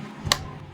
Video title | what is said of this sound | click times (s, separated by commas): Upgrading My Partner 😍 - PSU Installation - PC Upgrade Series - Part 1 | click, ठीक है, click की आवाज़ आएगी और ये हो गया फिक्स, ठीक है। | 0.3 s